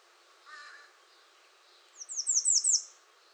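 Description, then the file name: American redstart: a quick series of high, thin, downslurred notes. 21 June 2019. "2019-06-21 American Redstart"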